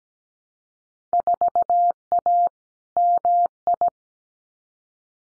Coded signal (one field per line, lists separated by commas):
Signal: Morse code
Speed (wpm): 17 wpm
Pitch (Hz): 700 Hz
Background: none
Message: 4A MI